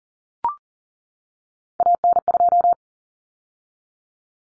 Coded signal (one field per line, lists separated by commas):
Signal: Morse code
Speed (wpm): 40 wpm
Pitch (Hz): 700 Hz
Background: none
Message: AN2